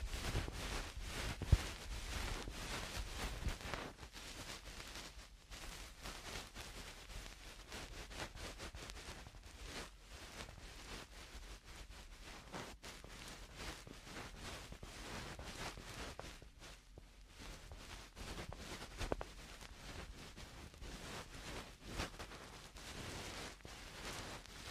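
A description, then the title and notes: Eardrum cleaning sounds: a dense, continuous run of scratchy, crackling rubs and quick clicks that fill the whole clip from low to bright. One sharp pop stands out near the start, and the scraping thins briefly a few times, around 5, 10 and 17 seconds. Eardrum Cleaning (No Talking).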